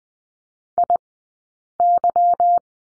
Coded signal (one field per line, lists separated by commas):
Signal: Morse code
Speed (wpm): 20 wpm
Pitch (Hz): 700 Hz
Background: none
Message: IY